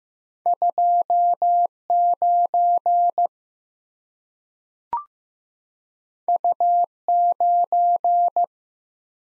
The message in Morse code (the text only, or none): 29 U9